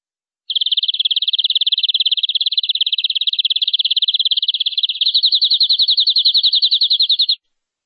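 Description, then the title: Canary song: a long, rapid high trill held for several seconds, shifting midway to a slightly higher, more clearly pulsed roll, with no other sounds. "BM Suara Kenari"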